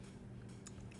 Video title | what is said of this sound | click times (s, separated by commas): Switch 2 camera unboxing | Get one in, put it on the ear, hear that click. | 0.7 s